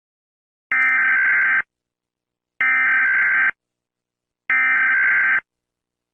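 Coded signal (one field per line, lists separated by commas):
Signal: Emergency Alert System (SAME) tones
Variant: header bursts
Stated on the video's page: Fictional EAS scenario about a pandemic virus.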